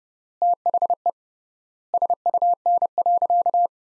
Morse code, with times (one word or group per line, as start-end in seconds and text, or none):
0.4-1.1 THE
1.9-3.7 SUN.